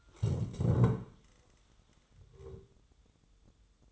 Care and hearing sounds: daily activity, microphone in the room; stand up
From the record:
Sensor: 3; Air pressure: 1005.1 hPa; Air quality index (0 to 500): 93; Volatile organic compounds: 3 ppm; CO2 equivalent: 1445 ppm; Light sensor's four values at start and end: 10/22/9/9 and 9/21/9/9

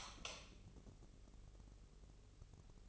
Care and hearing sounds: daily activity, microphone in the room; light on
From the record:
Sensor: 4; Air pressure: 996.1 hPa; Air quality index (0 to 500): 61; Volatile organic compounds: 2 ppm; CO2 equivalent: 1086 ppm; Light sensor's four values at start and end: 15/34/13/13 and 18/45/17/18

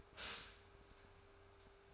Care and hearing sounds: daily activity, microphone in the room; stop toaster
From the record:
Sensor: 2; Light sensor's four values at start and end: 3/9/3/3 and 3/9/3/3

